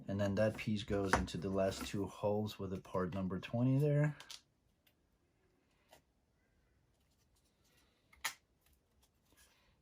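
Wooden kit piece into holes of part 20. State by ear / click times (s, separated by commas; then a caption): seated / 8.1 s, 8.3 s. Someone talks, then after a near-silent stretch with faint handling, a pre-cut plywood piece is pushed into the last two holes of part 20 on a Ugears Heavy Boy Truck VM-03 wooden mechanical model kit. Two short clicks sound at 8.1 s and 8.3 s, the second much louder. The piece seats all the way into the holes.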